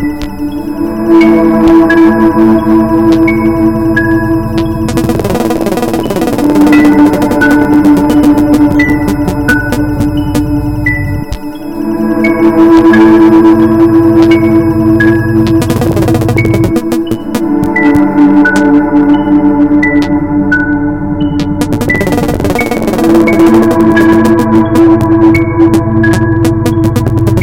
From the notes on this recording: a mix of environmental sounds and these hard blips